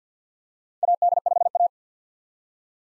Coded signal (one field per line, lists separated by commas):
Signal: Morse code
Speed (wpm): 50 wpm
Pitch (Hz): 700 Hz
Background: none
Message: AD5A